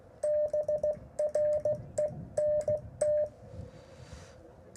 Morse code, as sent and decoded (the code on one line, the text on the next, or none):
-... .-. . -. -
BRENT